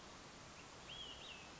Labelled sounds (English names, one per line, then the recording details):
Olive-sided Flycatcher
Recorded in Sonoma County, California